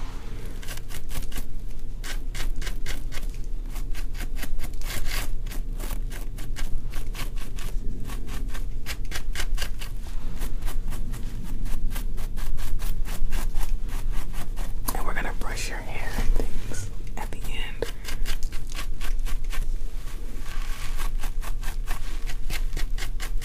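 Rapid scratching and plucking clicks on a scalp, dense and fairly regular, over a steady low hum, with a brief rustle near fifteen seconds.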